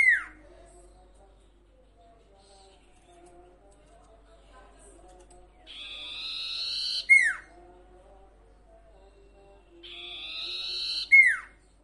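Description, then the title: Sirtu song: buzzy rasping phrases ending in a falling whistled slur, two full phrases about four seconds apart after a brief fragment at the start. Training song for cage birds, full song variation. "Masteran Sirtu Full Variasi"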